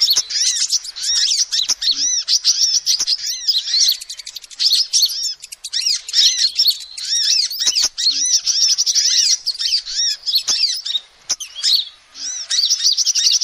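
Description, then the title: Lovebird giving busy, high squeaky chatter, rapid arched notes in long runs broken by brief silences, with scattered clicks. Lovebird calls used as a lure to trap birds. "PIKAT BURUNG LOVEBIRD"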